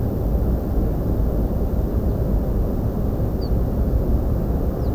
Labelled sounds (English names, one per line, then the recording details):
Ortolan Bunting
Western Yellow Wagtail
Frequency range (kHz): Ortolan Bunting 4.1-5.0 kHz; Western Yellow Wagtail 3.8-6.0 kHz
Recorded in France